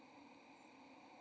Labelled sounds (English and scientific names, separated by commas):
White-throated Sparrow (Zonotrichia albicollis) flight call